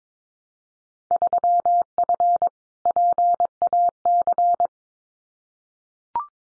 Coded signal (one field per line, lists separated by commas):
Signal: Morse code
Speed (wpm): 22 wpm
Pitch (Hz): 700 Hz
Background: none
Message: 3F PAC